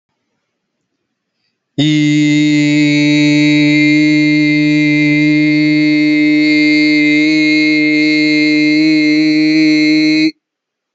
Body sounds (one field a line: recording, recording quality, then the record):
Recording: sustained vowel as in beet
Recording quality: excellent, no background noise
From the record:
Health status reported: healthy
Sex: male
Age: 39 years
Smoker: yes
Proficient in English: yes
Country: India